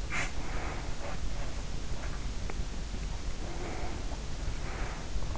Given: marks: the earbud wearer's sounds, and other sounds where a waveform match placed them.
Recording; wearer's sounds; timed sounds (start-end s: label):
sounds in sleep by an in-ear microphone; breath
0.00-1.06 s: breath
3.16-5.13 s: breath